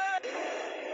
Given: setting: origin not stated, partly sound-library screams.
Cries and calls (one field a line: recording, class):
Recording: one-second piece from a danger detection set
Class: woman in danger